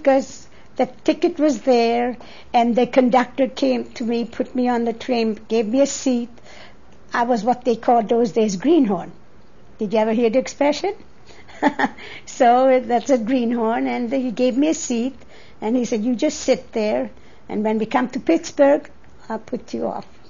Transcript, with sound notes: Yes, because the ticket was there and the conductor came to me, put me on the train, gave me a seat. I was what they called those days "greenhorn." Did you ever hear that expression? ( she laughs ) So that's a greenhorn and he gave me a seat and he said, "You just sit there and when we come to Pittsburgh I'll put you off."